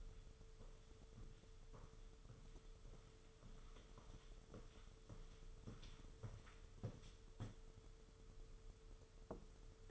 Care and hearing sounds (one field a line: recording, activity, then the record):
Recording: daily activity, microphone in the room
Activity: walk to room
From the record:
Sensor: 4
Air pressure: 995.3 hPa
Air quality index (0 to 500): 201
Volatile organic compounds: 157 ppm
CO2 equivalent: 4054 ppm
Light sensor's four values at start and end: 26/86/31/33 and 21/69/26/26